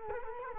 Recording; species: mosquito wingbeat signal from an infrared sensor; Culex quinquefasciatus